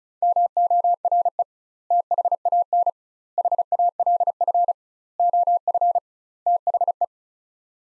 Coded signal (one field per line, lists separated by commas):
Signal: Morse code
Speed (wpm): 36 wpm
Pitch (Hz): 700 Hz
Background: none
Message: MORE THAN HALF OF THE